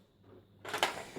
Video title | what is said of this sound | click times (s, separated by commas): Compaq Armada 1750 Hard Disk Drive Upgrade, Setup and Quick Game | and then take the wee flap and push it back down until it clicks. | 0.8 s